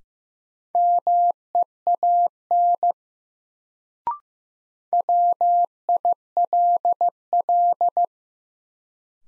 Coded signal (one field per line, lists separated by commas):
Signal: Morse code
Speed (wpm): 15 wpm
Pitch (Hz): 700 Hz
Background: none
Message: MEAN WILL